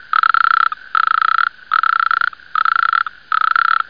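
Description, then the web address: Toad calling in five rapid pulsing trills, each lasting about half a second with short gaps between, a buzzy purring sound at steady pitch. "BBCMM 003"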